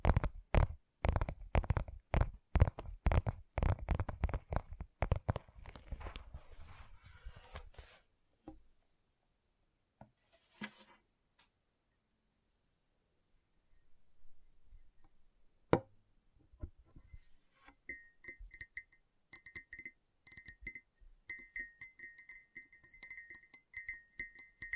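Gentle tapping comes in quick, regular bursts for the first eight seconds, thins out, falls quiet, then resumes softly with bright ringing glassy tones.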